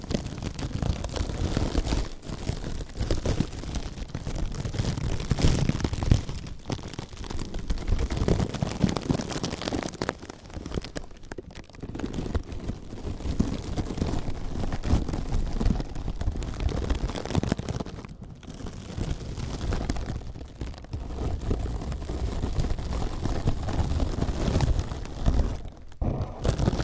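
Slow, gentle crinkling continues throughout, a dense rustle heavy in the low end, easing into brief near-silent gaps around 11, 18 and 26 seconds.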